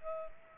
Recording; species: mosquito wingbeat signal from an infrared sensor; Culex pipiens